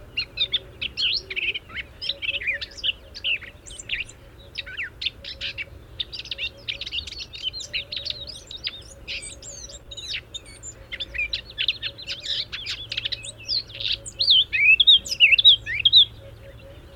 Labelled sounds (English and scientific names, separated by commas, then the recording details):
Eurasian Blackcap (Sylvia atricapilla) song
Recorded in the wild
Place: Tulcea, M?cin-Gebirge, Dobrogea, DE
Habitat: mountains
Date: 1973-05-10
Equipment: Nagra III BH, Sennheiser MD 21, parabola
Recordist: Schubert, Michael
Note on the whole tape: Gesang Mönchsgrasmücke, 2. Aufnahme etwas konkreter